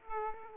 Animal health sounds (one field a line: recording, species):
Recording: mosquito wingbeat signal from an infrared sensor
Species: Aedes aegypti